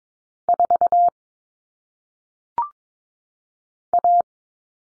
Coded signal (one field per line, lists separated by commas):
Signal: Morse code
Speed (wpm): 22 wpm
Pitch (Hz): 700 Hz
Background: none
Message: 4 A